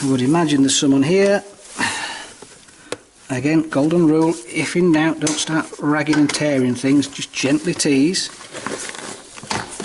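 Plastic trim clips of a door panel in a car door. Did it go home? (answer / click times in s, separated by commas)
released / 8.7 s, 9.5 s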